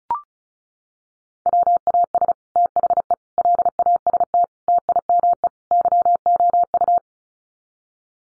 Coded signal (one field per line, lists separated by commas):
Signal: Morse code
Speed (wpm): 34 wpm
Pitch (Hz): 700 Hz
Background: none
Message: WAS THE LAST TIME YOU